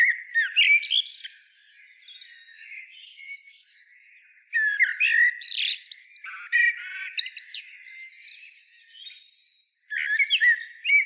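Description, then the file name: Eurasian blackbird song: repeated phrases of rich low warbling that rise into scratchy high chatter, with soft background notes between the phrases. "Turdus merula"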